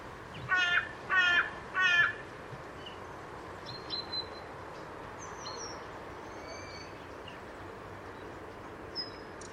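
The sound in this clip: Bird giving three quick harsh caws at the start, then only faint, scattered high chirps.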